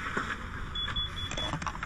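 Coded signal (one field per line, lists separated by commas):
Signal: none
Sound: vehicle warning beeps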